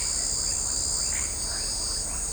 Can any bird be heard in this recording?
no